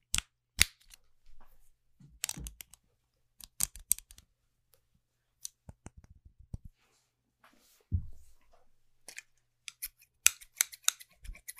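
Household objects being handled, giving a string of sharp clicks, snaps and knocks separated by stretches of silence. Bright cracks land near the start, around two seconds and toward the end, while a deeper thump with a short low rumble sounds at about eight seconds.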